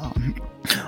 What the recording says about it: I have Tourette. Go higher with my voice. So this is a tick for me.